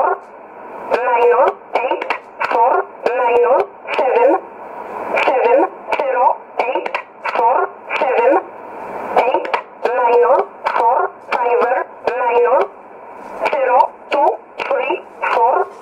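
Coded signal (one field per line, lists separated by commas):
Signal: numbers station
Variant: E11 Oblique, English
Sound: narrowband voice reading short words at a steady, even pace over radio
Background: radio static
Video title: 12 06 2017 Numbers station E11 Oblique in English to Eu 0754 on 9610 in USB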